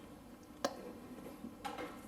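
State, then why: Seated. After a squirt of WD40 so it slides on easier, a spark plug lead boot is lined up and pushed firmly down onto the spark plug terminal in the 1.4 petrol engine of a Ford Fiesta Zetec. A sharp click sounds at 0.7 s, followed by a softer rustling burst around 1.7 s. The lead is seated on the plug, then given a jiggle to make sure it is on.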